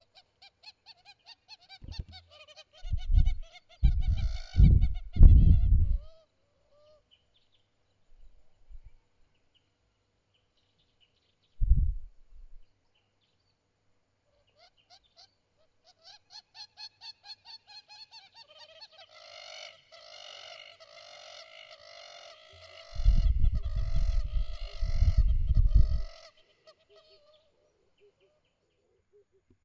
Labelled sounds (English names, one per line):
Hamerkop